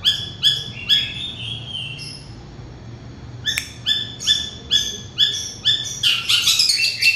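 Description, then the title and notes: Oriental magpie-robin song of clear whistled notes repeated roughly twice a second, ending in a burst of busier chatter. "Kicau Kacer. manukmanukan"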